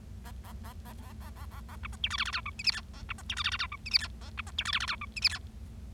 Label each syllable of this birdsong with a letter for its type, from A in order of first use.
A A A A A A A A A B C D E F F G H I J K A B C D E F F G H I J K A B C D E F F G H I J K